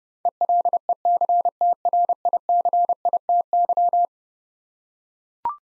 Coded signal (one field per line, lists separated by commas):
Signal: Morse code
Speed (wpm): 30 wpm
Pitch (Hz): 700 Hz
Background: none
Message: ELECTRICITY